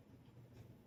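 A cable connector for an Anycubic Kobra 3 Max Combo 3D printer is handled at its socket, with the retaining clip facing the user. There is only a low, soft rustle of handling and no sharp transient. Nothing has seated or clicked yet.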